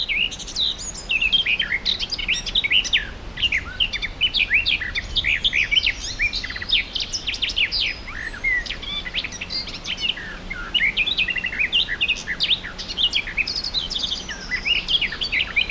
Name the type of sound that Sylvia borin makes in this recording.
song